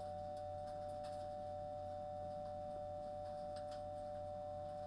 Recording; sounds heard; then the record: poultry house recording; no chicken sound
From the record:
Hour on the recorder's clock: 21